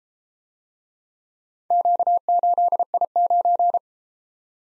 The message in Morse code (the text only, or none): Q8I9